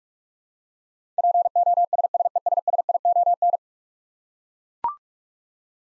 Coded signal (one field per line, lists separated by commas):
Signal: Morse code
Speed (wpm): 41 wpm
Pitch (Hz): 700 Hz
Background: none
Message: POSSESSION